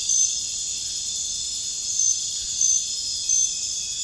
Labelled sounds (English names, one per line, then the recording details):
none
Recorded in pastures near Puerto Asís, Putumayo, Colombia, on 29 June 2025 at 00:30
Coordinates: 0.466, -76.322
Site GP07